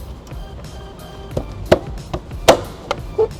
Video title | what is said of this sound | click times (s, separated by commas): 2010 Toyota Sienna Trailer Wiring Installation | once you hear the pop you're good to go | 1.7 s, 2.5 s